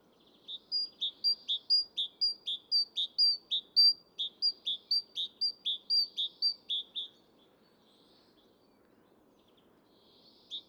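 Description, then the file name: Great tit song, a long series of ringing high-low note pairs, then a few seconds of quiet before one last note. "Parus major"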